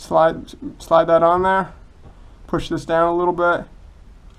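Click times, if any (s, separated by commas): none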